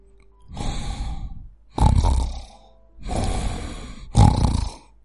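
Loud, rough fake snoring by a large, heavy man pretending to sleep, recorded on an infrared camera, in four long, regular breaths, each a broad rasping rumble; the inhaling snores start sharply and sound harsher, almost like a cow lowing, with quiet pauses between.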